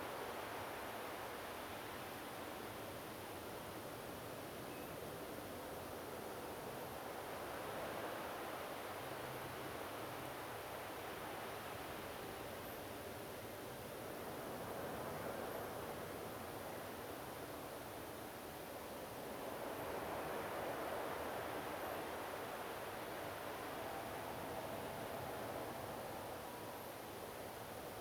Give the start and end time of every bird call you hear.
[4.70, 4.93] Common Ringed Plover (Charadrius hiaticula)

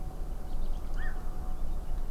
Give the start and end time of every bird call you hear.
[0.47, 1.91] Common Nightingale (Luscinia megarhynchos)
[0.96, 1.13] Black-crowned Night-Heron (Nycticorax nycticorax)

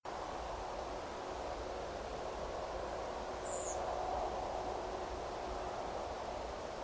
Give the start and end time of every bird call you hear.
[3.42, 3.76] Redwing (Turdus iliacus)

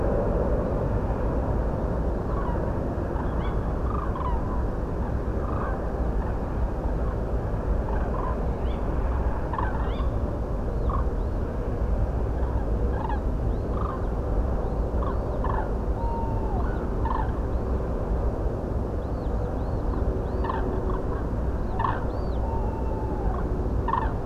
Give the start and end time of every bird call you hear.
[2.25, 2.60] Common Crane (Grus grus)
[3.13, 3.37] Common Crane (Grus grus)
[3.39, 3.54] Tawny Owl (Strix aluco)
[3.84, 4.38] Common Crane (Grus grus)
[5.42, 5.78] Common Crane (Grus grus)
[6.19, 6.33] Common Crane (Grus grus)
[7.04, 7.17] Common Crane (Grus grus)
[7.84, 8.35] Common Crane (Grus grus)
[8.62, 8.78] Tawny Owl (Strix aluco)
[9.50, 9.88] Common Crane (Grus grus)
[9.79, 10.01] Tawny Owl (Strix aluco)
[10.66, 11.40] Common Crane (Grus grus)
[12.36, 12.65] Common Crane (Grus grus)
[12.92, 13.19] Common Crane (Grus grus)
[13.47, 14.10] Common Crane (Grus grus)
[14.60, 15.63] Common Crane (Grus grus)
[15.96, 16.24] Common Crane (Grus grus)
[15.96, 16.63] Tawny Owl (Strix aluco)
[16.56, 17.82] Common Crane (Grus grus)
[19.01, 19.29] Common Crane (Grus grus)
[19.56, 21.23] Common Crane (Grus grus)
[21.72, 23.35] Tawny Owl (Strix aluco)
[21.78, 22.39] Common Crane (Grus grus)
[23.32, 23.43] Common Crane (Grus grus)
[23.86, 24.11] Common Crane (Grus grus)

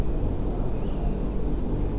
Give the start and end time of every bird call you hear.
[0.73, 1.34] Water Rail (Rallus aquaticus)

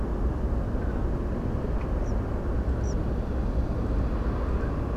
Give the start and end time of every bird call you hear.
[2.02, 2.13] European Pied Flycatcher (Ficedula hypoleuca)
[2.83, 2.94] European Pied Flycatcher (Ficedula hypoleuca)

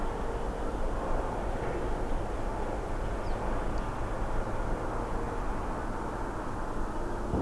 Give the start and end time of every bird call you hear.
[3.23, 3.35] Ortolan Bunting (Emberiza hortulana)

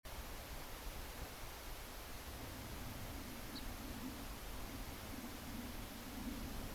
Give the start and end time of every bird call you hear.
[3.54, 3.61] Ortolan Bunting (Emberiza hortulana)

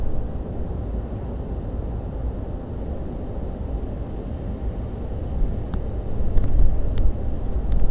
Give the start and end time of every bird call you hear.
[4.74, 4.85] European Robin (Erithacus rubecula)

